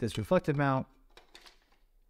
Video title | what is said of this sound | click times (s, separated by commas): Godox SK400ii Strobe Kit Tutorial | put on give it one little twist clockwise until it clicks and now I'm shaping my like so | 1.4 s